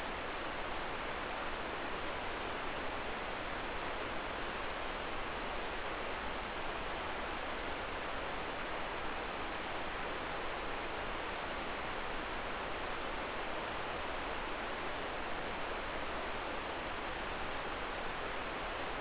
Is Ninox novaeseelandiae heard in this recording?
no